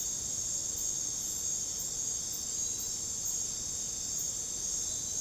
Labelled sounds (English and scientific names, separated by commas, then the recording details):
none
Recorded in secondary vegetation near Puerto Asís, Putumayo, Colombia, on 26 December 2024 at 23:30
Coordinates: 0.489, -76.322
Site G059